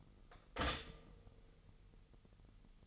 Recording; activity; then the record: daily activity, microphone in the room; stop toaster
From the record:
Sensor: 4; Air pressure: 989.3 hPa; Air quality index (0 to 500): 215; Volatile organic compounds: 66 ppm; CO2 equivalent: 3480 ppm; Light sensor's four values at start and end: 24/84/31/33 and 24/84/31/33